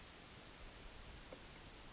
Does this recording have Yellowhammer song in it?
no